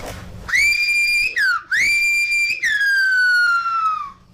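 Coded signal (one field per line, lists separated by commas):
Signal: whistled language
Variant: Silbo Gomero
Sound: a loud sustained whistle holding high, dipping briefly, then sliding slowly downward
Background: small room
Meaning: Okay, okay; the message was understood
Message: Bueno, bueno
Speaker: Si Eugenio me contesta y ha entendido el mensaje, me va a decir, "Bueno, bueno,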